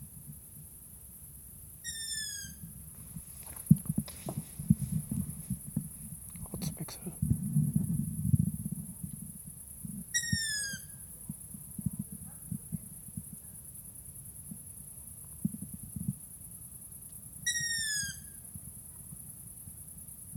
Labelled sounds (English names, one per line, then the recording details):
Long-eared Owl
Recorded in the wild
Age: juvenile
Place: Flemmingen, Thuringia, DE
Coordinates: 50.9338, 12.615
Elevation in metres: 256
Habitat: orchard meadow
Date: 2024-07-26 23:01
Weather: 20°C, no wind
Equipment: Sound Devices MixPre6, Sennheiser MKH8060
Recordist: Frommolt, Karl-Heinz